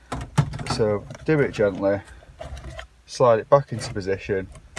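Someone talks while a radio head unit is slid gently back into its dashboard housing on a Vauxhall Opel Corsa C, taking care not to bend the pins at the back, with a few faint handling knocks around 2.4 to 2.8 seconds. The unit has not seated yet; its spring clips have not clicked in.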